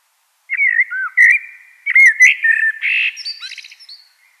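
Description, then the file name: Common blackbird song phrase of fluty, rich whistles with a few brief clicks, ending in a thin, scratchy twitter that fades out. "Turdus merula"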